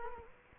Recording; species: mosquito wingbeat signal from an infrared sensor; Culex quinquefasciatus